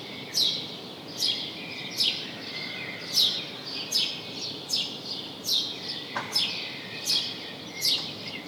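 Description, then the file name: House sparrow chirping, crisp chirps about once a second over a constant hiss. "Passer domesticus"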